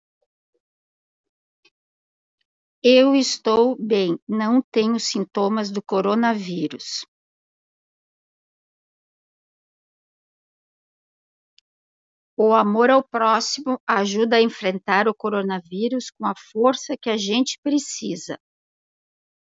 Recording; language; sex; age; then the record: spoken sentence; Brazilian Portuguese; female; 50 to 59 years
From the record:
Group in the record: control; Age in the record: 57 years